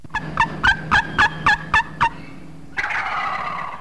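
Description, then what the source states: Wild turkey gobble: a rapid run of about eight throaty pulsed notes, then a short pause and a burst of rough, noisy gobbling. Presented as restored wildlife that can be identified by its sounds.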